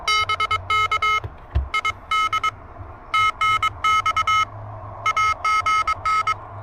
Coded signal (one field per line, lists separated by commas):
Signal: Morse code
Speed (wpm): 22 wpm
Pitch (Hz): 1280 Hz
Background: none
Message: BK ID TNX AGN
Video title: Pedestrian Mobile POTA Hunting: Testing the new TinyPaddle KH1 Adapter and Working with Urban QRM!